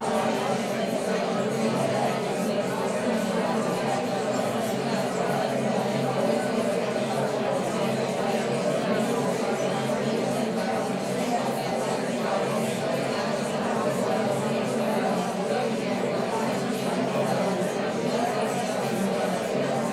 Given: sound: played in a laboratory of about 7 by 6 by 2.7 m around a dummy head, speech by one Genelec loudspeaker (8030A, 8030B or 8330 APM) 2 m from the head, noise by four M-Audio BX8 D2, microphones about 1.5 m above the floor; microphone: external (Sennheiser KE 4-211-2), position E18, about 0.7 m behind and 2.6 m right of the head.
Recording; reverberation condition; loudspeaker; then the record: babble noise; medium; four, about 170 cm from the corners of the room and facing them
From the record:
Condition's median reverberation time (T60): about 510 ms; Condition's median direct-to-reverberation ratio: about -0.5 dB